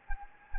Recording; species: mosquito wingbeat signal from an infrared sensor; Anopheles gambiae